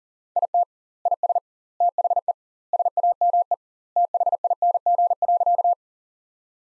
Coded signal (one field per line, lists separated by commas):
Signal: Morse code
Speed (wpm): 40 wpm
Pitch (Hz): 700 Hz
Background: none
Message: IT IS THE SAME THING.